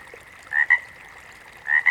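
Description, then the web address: Water frog giving two short double croaks, about a second apart, over a quiet background. "Sounds of Nature Collection. Water Frogs"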